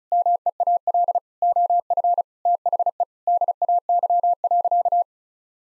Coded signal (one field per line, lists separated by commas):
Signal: Morse code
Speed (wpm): 36 wpm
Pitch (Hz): 700 Hz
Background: none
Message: MEAL OF THE DAY.